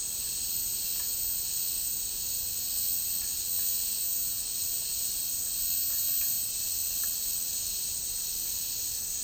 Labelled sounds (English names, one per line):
none